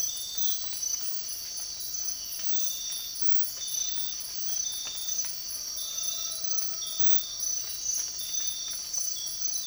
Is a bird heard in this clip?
no